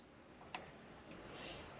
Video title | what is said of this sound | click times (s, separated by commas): RevoultionTrain Engineer operation for two engines | not much of a click but it connects them okay | 0.5 s